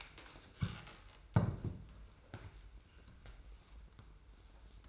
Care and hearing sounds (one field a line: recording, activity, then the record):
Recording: daily activity, microphone in the room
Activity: stand up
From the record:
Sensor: 2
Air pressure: 990.2 hPa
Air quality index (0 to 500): 178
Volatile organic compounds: 1000 ppm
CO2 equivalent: 5647 ppm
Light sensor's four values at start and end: 25/57/24/24 and 32/73/31/31